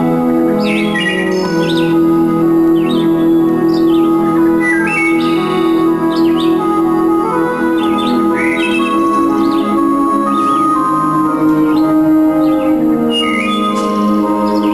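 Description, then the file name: Bird chirps: short, sharp descending notes repeated irregularly over a dense, steady droning hum that runs throughout. "canto aves"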